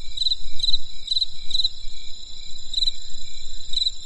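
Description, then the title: Insect gives several trilled chirps spaced irregularly, backed by a steady high-pitched hum and low rumbling noise. Crisp insect sounds on a winter night in the countryside. "There was a crisp sound of insects in the winter night. Come and experience a sound therapy feast from the countryside"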